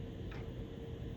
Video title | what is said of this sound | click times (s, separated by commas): How to Use a Microscope | and you can hear a click | 0.3 s